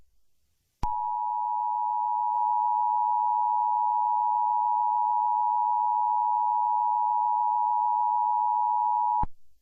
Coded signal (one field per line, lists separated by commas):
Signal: Emergency Alert System (SAME) tones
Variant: 853 and 960 Hz attention tone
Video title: rating basic eas alarms! part 1